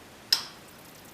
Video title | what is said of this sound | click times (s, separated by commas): Roto-Fab ZL1 cold air intake installation video | And with it pointed down, you're going to want to slide it till you hear a click. | 0.3 s